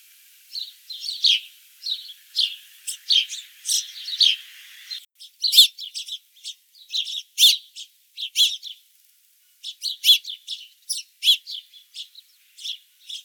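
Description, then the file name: House sparrow chirping in short bright bursts, irregular runs of repeated cheeps with brief pauses, a faint hiss under the first few seconds. "Passer domesticus"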